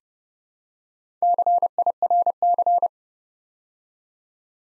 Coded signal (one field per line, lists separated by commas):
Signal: Morse code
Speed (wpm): 30 wpm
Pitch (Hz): 700 Hz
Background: none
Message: CIRC